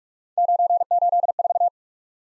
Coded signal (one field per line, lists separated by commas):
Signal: Morse code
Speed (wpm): 44 wpm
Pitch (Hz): 700 Hz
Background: none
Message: 984